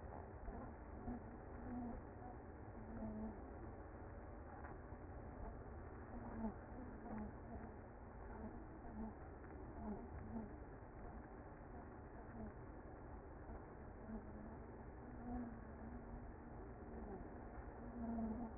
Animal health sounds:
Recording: honeybee colony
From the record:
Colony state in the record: active

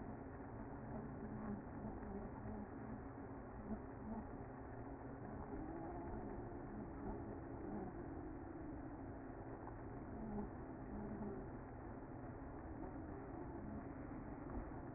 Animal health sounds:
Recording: honeybee colony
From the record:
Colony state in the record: active

